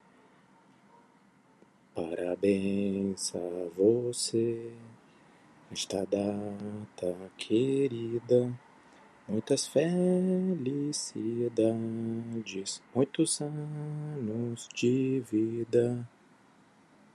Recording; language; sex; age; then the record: short text; Brazilian Portuguese; male; 30 to 39 years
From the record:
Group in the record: control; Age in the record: 39 years